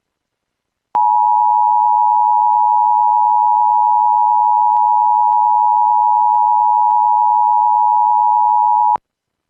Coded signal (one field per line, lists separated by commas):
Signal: Emergency Alert System (SAME) tones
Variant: 853 and 960 Hz attention tone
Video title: EAS Alerts from WDFA-IP - 11/10/2020 (EAS# 210-219)